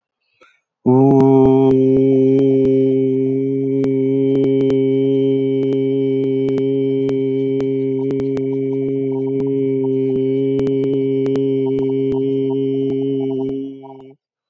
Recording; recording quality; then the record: sustained vowel as in boot; excellent, no background noise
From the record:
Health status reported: healthy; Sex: male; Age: 36 years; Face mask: not worn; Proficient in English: yes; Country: United States